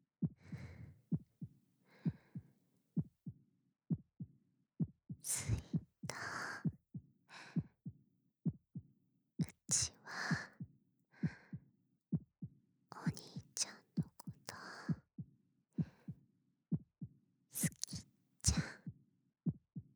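A normal adult heartbeat heard with the ear or a microphone on the chest: a steady, quiet thump-thump (dokun-dokun) heart sound, soothing like a lullaby.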